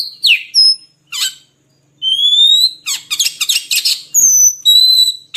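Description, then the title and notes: Oriental magpie-robin song: long pure whistles, rising slurred notes and scratchy rattling bursts, alternating with brief silences. Long-duration filler song (isian) for kacer, meant to make birds sing vigorously (gacor) day and night. "Kacer Jadi Gacor Siang Malam. Isian Kacer Durasi Panjang"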